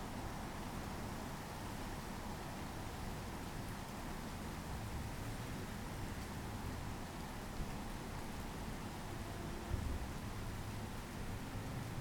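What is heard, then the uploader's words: Steady rain hisses evenly throughout, with a low, continuous rumble underneath that could be a distant train, and a couple of faint knocks near the end. Rain and Distant Train in Bunnadoon, New South Wales, Australia. It's night time in the tiny village of Bunnadoon, nestled in the hills of the Southern Highlands. The rain has come, and in the far distance the haunting sound of a freight train.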